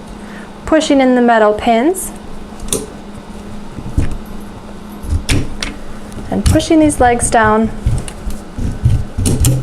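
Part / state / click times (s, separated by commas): metal leg into bassinet frame / seated / 9.3 s, 9.5 s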